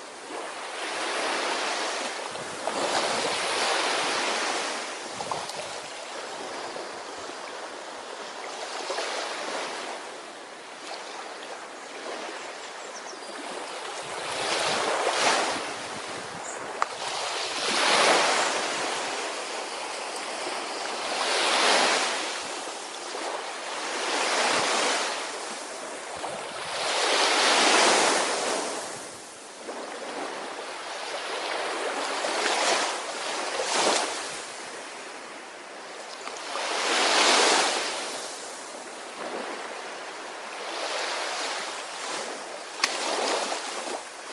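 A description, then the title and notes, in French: Ocean waves roll in and wash out steadily, each surge swelling into a hissing rush every few seconds before easing back. The sound is full and airy, with little low rumble, and a light wind noise sits beneath the continuous surf. Vague et son de l'océan.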